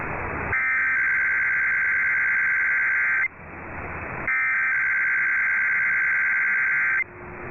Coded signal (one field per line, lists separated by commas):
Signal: Emergency Alert System (SAME) tones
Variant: header bursts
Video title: KFBK and KWIZ Weekly Tests (EAS #5291-5292) 11/15/21